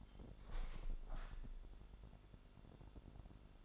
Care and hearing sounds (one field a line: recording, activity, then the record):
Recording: daily activity, microphone in the room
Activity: open window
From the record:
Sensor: 5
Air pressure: 1006.7 hPa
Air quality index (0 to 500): 191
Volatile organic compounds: 5 ppm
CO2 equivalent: 1821 ppm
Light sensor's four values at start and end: 57/161/63/63 and 57/161/63/63